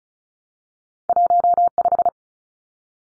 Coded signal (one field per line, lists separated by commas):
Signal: Morse code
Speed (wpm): 34 wpm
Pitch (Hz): 700 Hz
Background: none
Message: 15